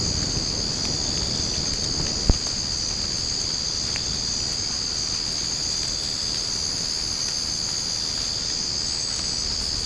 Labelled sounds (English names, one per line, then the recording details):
none
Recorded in secondary vegetation near Puerto Asís, Putumayo, Colombia, on 8 March 2025 at 02:00
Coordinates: 0.481, -76.318
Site G097